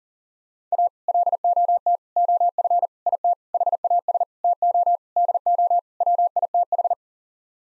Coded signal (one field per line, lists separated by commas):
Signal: Morse code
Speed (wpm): 40 wpm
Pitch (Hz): 700 Hz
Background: none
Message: A LOT OF IT HAS TO DO WITH